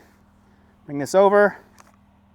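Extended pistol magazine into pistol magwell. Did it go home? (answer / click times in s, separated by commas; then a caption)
no / none. An over-capacity 23-round extended pistol magazine is pushed into a pistol magwell, where spring pressure from the top rounds holds it stuck in place without latching. Someone talks briefly, followed by faint short taps at about 1.8 and 1.9 seconds over a steady low hum. The magazine has not seated and no click has happened yet.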